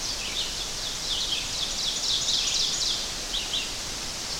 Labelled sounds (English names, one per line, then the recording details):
Ovenbird song
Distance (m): 30 m
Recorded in boreal forest in Alberta, Canada, on 12 June 2016 at 05:46
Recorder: SongMeter 3, array SBT-3-18
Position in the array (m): 210 m, 85 m
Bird 31